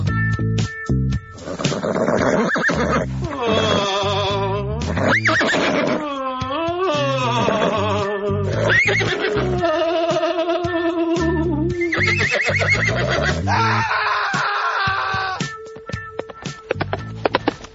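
A horse neighs and whinnies over and over for nearly twenty seconds, loud shrill calls sliding up and down in pitch, with no talking.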